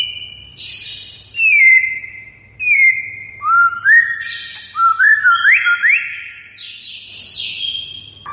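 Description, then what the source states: White-rumped shama giving clear sliding whistles, some falling, some rising, mixed with harsher high notes, in spaced phrases; low hum in the background. Lure recording of a gacor bird, singing continuously and persistently.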